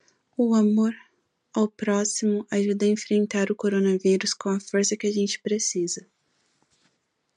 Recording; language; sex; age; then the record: spoken sentence; Brazilian Portuguese; female; 20 to 29 years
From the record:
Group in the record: control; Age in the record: 22 years